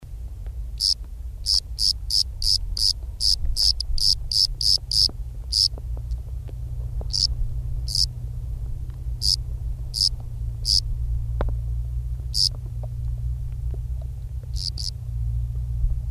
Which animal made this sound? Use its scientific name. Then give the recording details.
Eumodicogryllus bordigalensis. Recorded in the wild. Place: Brazo de la Torre, ES. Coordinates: 37.0958, -6.18. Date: 1971-03-26. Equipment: Uher Report 4200, AKG D190C in Doppel-Parabolreflektor. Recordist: Krey, Winfried